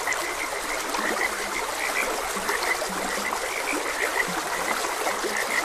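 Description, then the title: Frog croaks in two pitches, rapid high notes plus occasional low throaty calls, over steady trickling water from a stream. Frogs croaking beside a gentle stream. "Gentle Stream and Frogs Croaking"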